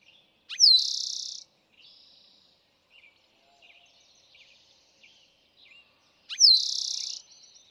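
Eastern towhee song: a brief introductory note and a falling whistle followed by a fast buzzy trill, given twice about six seconds apart, with faint softer chips and twitters in between.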